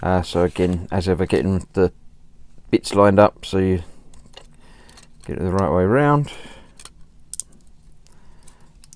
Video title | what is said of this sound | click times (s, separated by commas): Bandai 1:144 U-Wing pack: U-Wing | just goes on and snaps in place no glue required | 7.3 s, 7.4 s